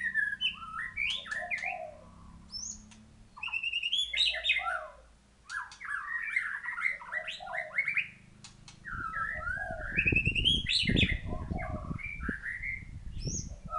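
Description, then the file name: White-rumped shama pouring out varied whistles, slurs and chatters; a low hum at first and loud rumbling noise in the last few seconds. Thailand. "suara murai thailand"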